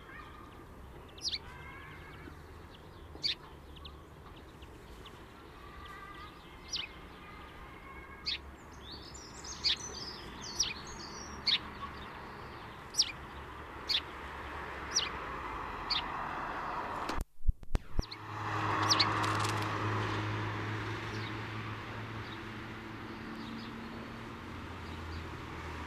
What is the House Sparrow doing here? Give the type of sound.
song